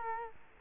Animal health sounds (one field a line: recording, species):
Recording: mosquito wingbeat signal from an infrared sensor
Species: Culex quinquefasciatus